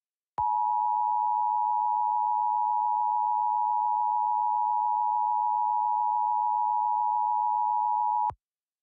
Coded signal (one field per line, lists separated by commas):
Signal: Emergency Alert System (SAME) tones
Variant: 853 and 960 Hz attention tone